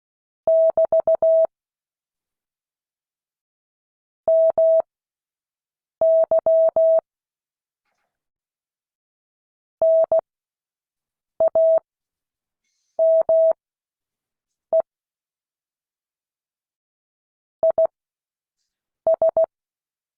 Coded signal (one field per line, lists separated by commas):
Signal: Morse code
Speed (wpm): 16 wpm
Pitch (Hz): 650 Hz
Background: none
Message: <BT> MY NAME IS